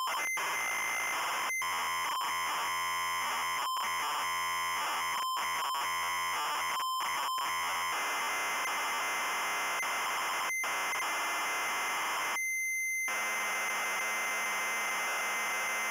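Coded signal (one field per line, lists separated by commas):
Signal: ZX Spectrum tape loading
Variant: ZX Spectrum 128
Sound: harsh rasping data buzz alternating with steady high tones, brief silences, then hiss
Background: game beeper sounds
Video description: Loading mini-game, and short gameplay introduce.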